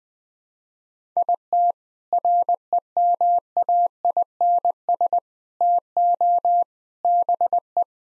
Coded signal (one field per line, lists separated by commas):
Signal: Morse code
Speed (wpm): 20 wpm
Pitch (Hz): 700 Hz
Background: none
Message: IT REMAINS TO BE